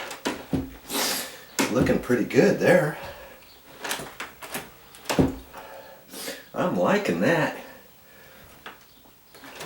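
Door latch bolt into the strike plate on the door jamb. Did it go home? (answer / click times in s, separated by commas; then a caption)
no / none. Someone talks while a repaired, formerly sagging door is swung closed against its jamb, with several short knocks and thumps between the speech. The door's latch bolt fails to catch in the metal strike plate on the jamb and rubs just below the strike pocket, so the door does not latch. Nothing has seated or clicked yet.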